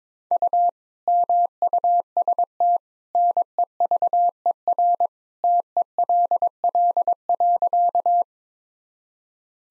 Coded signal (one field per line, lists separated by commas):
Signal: Morse code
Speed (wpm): 21 wpm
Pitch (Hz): 700 Hz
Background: none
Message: U MUST NEVER TELL.